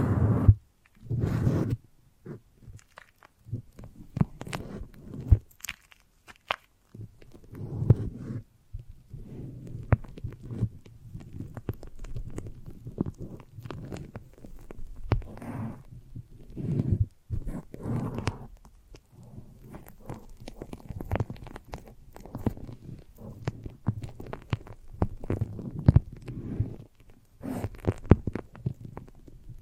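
Foamy, sticky massage sounds: soft, squelchy low rubbing that comes in irregular bursts throughout, with brief pauses of near silence. Sharp little crackles and pops cut through often, especially near the start and in the last ten seconds.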